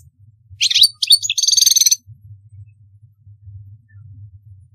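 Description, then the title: Goldfinch song, a brief high twittering phrase ending in a fast buzzy trill, followed by a faint low hum. "Chant Chardonneret"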